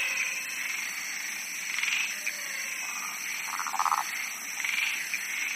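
Frog chorus of short pulsed croaks, several callers overlapping irregularly over a constant high-pitched background hiss.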